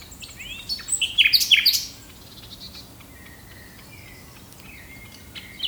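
Common nightingale song: a brief burst of loud, rich chirps and sweeping notes, followed by softer thin whistles.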